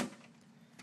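A hard drive, lined up with the rails of a computer case drive bay, is slid in until it snaps into place and is secure. A loud burst at the start fades into a quiet, steady low hum, and a short, sharp snap is heard at 0.8 s as the drive seats.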